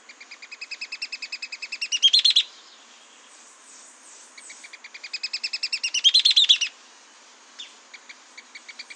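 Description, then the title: Mouse-colored tyrannulet calling: two bouts of quick, chattering notes that swell into a loud burst. Subspecies wagae. "LuckyPassaro Completos2Sama. Mouse-colored Tyrannulet (Phaeomyias murina wagae)"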